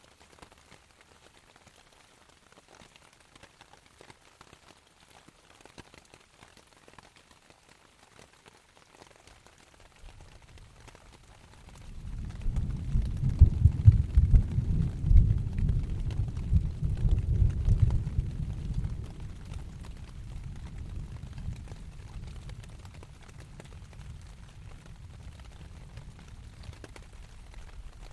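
Thin rain patters on a tent throughout while a deep roll of thunder swells around twelve seconds, peaks, then rumbles slowly away.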